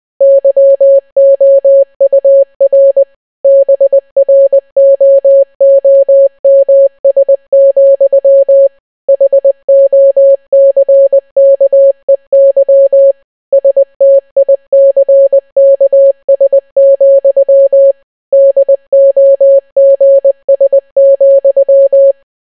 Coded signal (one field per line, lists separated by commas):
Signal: Morse code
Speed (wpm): 20 wpm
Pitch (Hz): 550 Hz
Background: none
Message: YOUR BROOMS, HOCKEY STICKS, DOGS,